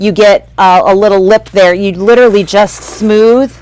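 Someone talks while the fabric in an embroidery hoop is smoothed and the hoop's top frame is handled over the lower frame. The top frame has not snapped into place yet, and nothing has clicked.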